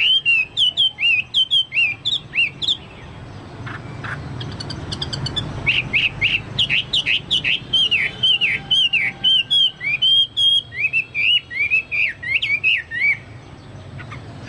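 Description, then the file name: Chinese hwamei song, long sequence of rich rolling whistles repeated several times a second, with a pause near the start, over faint low hum. "hwamei-2-omkicau"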